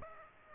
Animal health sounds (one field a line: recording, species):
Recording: mosquito wingbeat signal from an infrared sensor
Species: Aedes aegypti